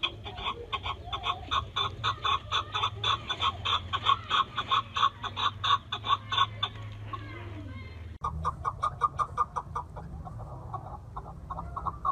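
Partridge calling in a rapid series of loud, harsh clucking notes, then softer and sparser after a brief break, with a low hum underneath.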